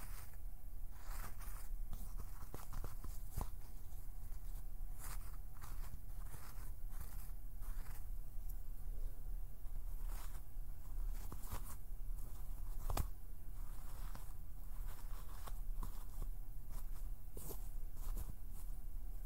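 Fingers pluck and pinch in quick, irregular clicks and soft flutters, a busy stream of small taps over a steady low rumble.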